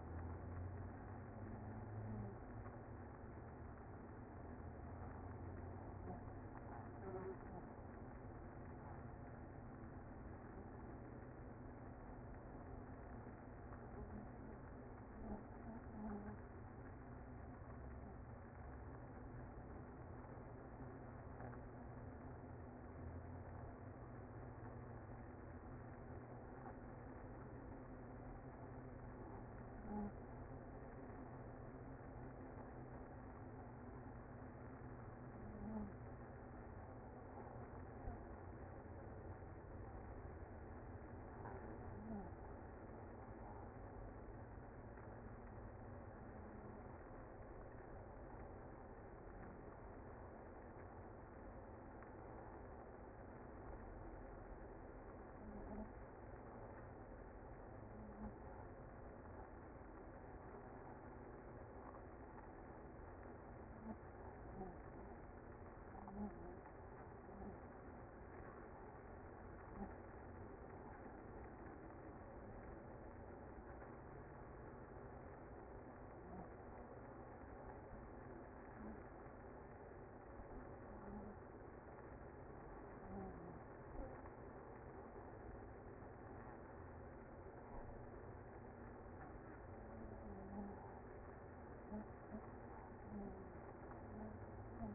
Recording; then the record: honeybee colony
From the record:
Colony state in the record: active